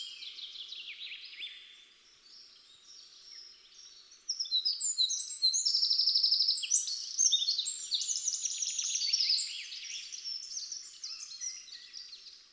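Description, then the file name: Eurasian wren song rising from a quieter twitter into a loud, sustained outpouring of fast trills and piercing notes. "Troglodytes troglodytes"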